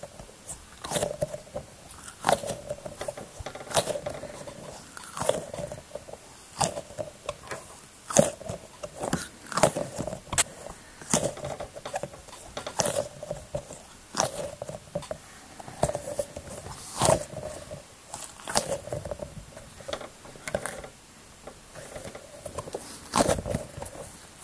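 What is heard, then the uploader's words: A soft ball is kneaded and squeezed by hand, making repeated squishy, crackling presses about once or twice a second. Each squeeze brings a brief bright rustle, while a faint steady tone hums underneath throughout. Knead a relaxing ball. ASMR.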